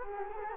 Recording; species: mosquito wingbeat signal from an infrared sensor; Culex quinquefasciatus